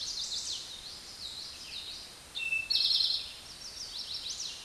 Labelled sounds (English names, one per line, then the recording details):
Eastern Towhee song
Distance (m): 20 m
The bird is about 15 m above the microphone
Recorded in a Pennsylvania forest on 16 May 2024 at 09:08
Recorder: AudioMoth, point MSD-2058
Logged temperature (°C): 11.8 °C
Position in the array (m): 63 m, 15 m